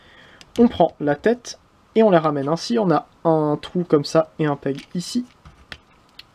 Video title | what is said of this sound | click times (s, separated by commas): (FR) Deluxe IRONHIDE review (Transformers Siege) | on vient prendre cette pièce d ici et on appuie dessus ça va tout simplement venir se clipser jusque là | 0.4 s